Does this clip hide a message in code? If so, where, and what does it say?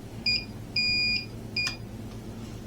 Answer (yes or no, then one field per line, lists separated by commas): no